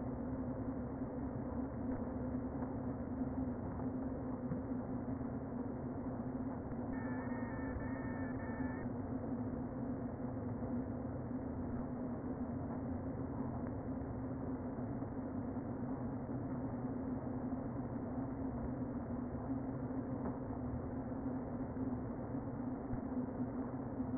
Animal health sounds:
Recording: honeybee colony, microphone inside the hive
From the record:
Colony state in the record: queen present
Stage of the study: before two queens were removed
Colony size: about 60,000 bees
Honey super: yes

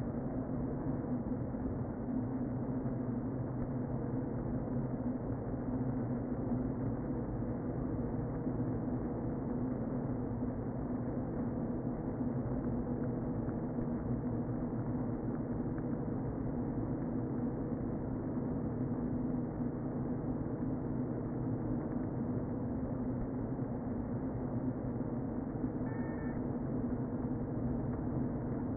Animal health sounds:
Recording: honeybee colony, microphone inside the hive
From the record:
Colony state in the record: queen present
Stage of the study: before two queens were removed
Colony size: about 60,000 bees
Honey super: yes

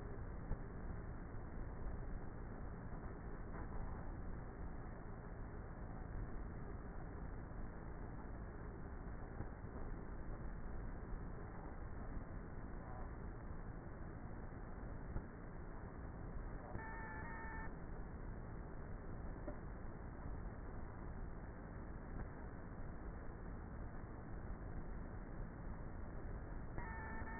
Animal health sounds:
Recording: honeybee colony, microphone inside the hive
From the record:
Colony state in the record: queenless with a low population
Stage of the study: before two queens were removed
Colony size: about 30,000 bees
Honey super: no

